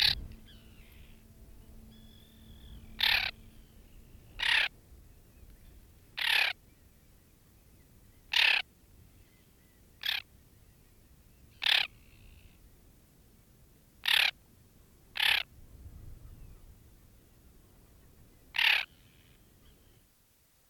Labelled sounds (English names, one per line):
Common Tern call